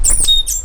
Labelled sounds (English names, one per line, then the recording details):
Stitchbird song
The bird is a male
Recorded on Tiritiri Matangi Island, New Zealand, in 2005
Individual 2, of nest box 2